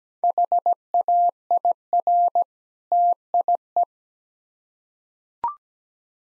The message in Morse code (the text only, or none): HAIR TIE